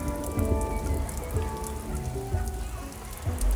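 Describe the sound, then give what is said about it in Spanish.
A rain storm pours steadily, a continuous hiss of rain with patters of drops striking a surface, holding level throughout with faint sustained tones underneath and no voices. “Aún a pesar de la tormenta, te invito a que te vengas más al sur.”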